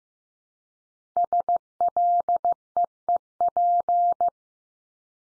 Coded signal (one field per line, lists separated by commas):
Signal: Morse code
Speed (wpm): 15 wpm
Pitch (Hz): 700 Hz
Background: none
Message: SLEEP